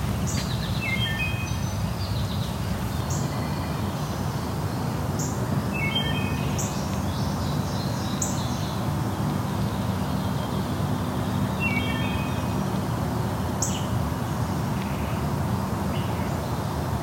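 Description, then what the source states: Wood thrush song: short melodic phrases at irregular intervals over steady low background rumble. Singing in a quiet spot among dogwoods and hawthorns in Dundas Valley, Hamilton, Ontario; very short melodic phrases rendered as 'pirole'.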